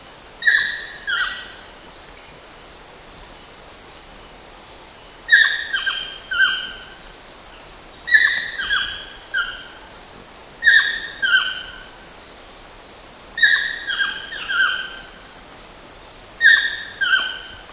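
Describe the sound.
Chestnut-mandibled toucan calling in six short sets of falling, yelping notes spaced a few seconds apart, with a constant high-pitched insect drone behind.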